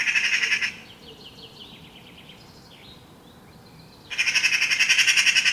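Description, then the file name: Eurasian magpie rattling harshly at the start and again at the end, with soft chirps and whistles of other birds in the quiet gap. "Pica pica"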